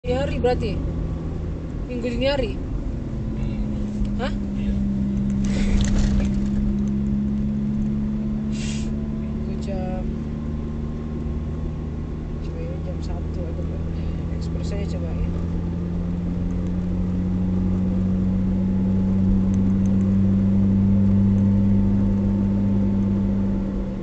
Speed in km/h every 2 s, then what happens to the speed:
41, 37, 33, 34, 37, 39, 41, 44, 47, 49, 49, 49.
0-5 slows to 33. 5-17 speeds up to 49. 17-24 steady at about 49.